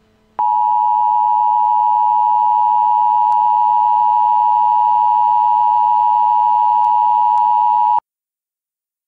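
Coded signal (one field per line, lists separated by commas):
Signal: Emergency Alert System (SAME) tones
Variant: 853 and 960 Hz attention tone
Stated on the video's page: Entirely fictional EAS scenario of an extraterrestrial invasion, using valid EAS tones.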